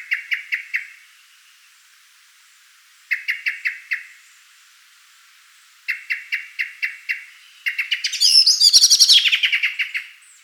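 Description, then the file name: Common blackbird calls: sharp, clicking chinks in quick bursts of five or six, ending in a louder, excited flurry of notes that mix with chatter. "Turdus merula"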